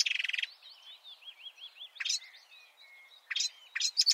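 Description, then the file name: Marsh warbler song opening with a brief buzzy rattle, then a wavering whistled phrase of repeated up-down notes, broken by quick scratchy chips. "suara-kicauan-burung-marsh-warbler -omkicau"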